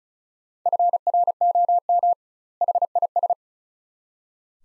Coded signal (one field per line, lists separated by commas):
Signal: Morse code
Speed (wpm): 36 wpm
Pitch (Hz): 700 Hz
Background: none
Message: FROM HIS